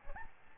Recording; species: mosquito wingbeat signal from an infrared sensor; Aedes albopictus